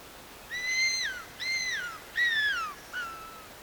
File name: madagascar cuckoo hawk